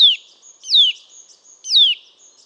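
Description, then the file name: Eurasian nuthatch calling with three clear, descending whistled notes. "Sitta europaea"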